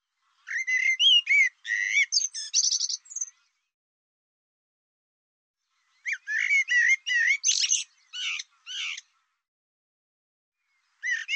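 Bird song in bursts of quick, varied chirps and whistled slurs, each phrase about three seconds long, broken by silent gaps.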